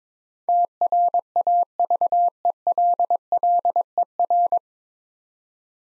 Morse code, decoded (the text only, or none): TRAVELLER